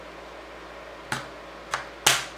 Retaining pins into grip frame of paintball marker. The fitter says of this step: you hear them snap and an